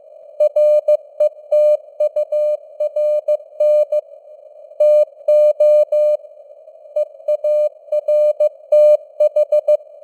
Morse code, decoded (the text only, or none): RETURN TO EARTH